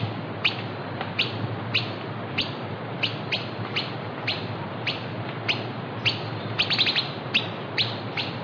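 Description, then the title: Southern chestnut-tailed antbird uttering crisp high chip notes at a steady pace, with a brief quicker cluster, over continuous hiss. Nominate subspecies hemimelaena. "LuckyPassaro Completos2Sama. Southern Chestnut-tailed Antbird (Myrmeciza hemimelaena hemimelaena)"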